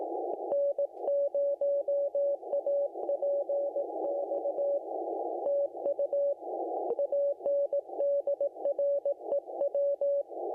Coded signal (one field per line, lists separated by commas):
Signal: Morse code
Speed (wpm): 18 wpm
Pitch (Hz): 570 Hz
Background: radio noise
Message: N0APX TU ANDREW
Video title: Ultimate POTA Logging Guide: Hunting, Activating & Mobile App!